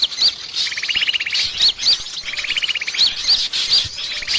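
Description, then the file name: Bird calls: short rattling trills repeated about every second and a half, mixed with high upslurred whistles over a hissy background. Bird lure call. "pikat-1000-burung"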